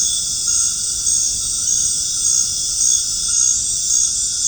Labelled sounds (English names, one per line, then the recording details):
none
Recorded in dense forest near Puerto Asís, Putumayo, Colombia, on 25 June 2025 at 19:00
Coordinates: 0.481, -76.323
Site G072